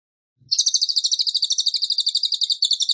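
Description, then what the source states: Bird starting abruptly into a sustained, very rapid, high, rattling pulsed trill that continues steadily to the end without pause. Bird singing actively ('gacor') in the 'tembakan' rapid-burst style, used for training cage birds.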